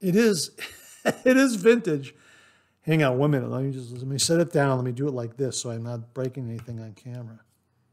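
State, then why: Not seated. A razor head part is being fitted into a vintage safety razor handle, and the razor is set down after a first press went in only partly. Someone talks almost throughout, with no distinct click heard. Nothing has seated or clicked yet.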